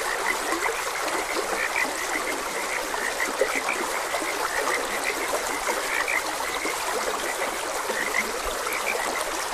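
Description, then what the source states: Frogs croaking and chirping unevenly in a busy chorus, blended with steady trickling water throughout. Frogs croaking beside a gentle stream.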